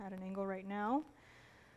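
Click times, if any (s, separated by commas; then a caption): none. Someone talks while handling the box clasp of a pearl and diamond bracelet, angling the clasp tongue toward its box clasp, then the sound drops to quiet room tone after about 1.0 seconds. Nothing has seated or clicked yet.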